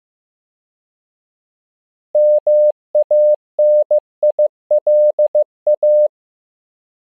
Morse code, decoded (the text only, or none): MANILA